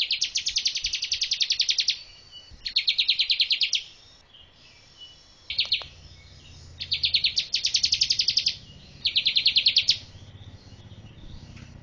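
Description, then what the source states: Bar-winged prinia calling in fast scratchy trills, several bursts of up to two seconds separated by short pauses, with faint low background noise. Female.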